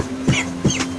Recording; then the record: coughing mixed with background sound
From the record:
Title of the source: Dry Coughing Fit in the Afternoon.